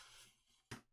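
A finger pushes a microSD card into the card slot under the kickstand of a Nintendo Switch handheld game console, with faint handling noise and a short, sharp sound at 0.7 s. The card has not seated or clicked into place yet.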